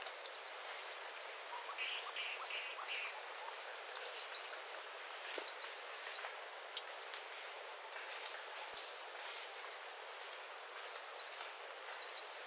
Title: LuckyPassaro Completos2Sama. White-chinned Sapphire (Hylocharis cyanus)